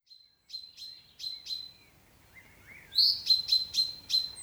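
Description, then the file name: Common chaffinch giving sharp high ticking notes in a short series, a thin rising whistle between, then a louder burst of quick ticks. "Fringilla coelebs"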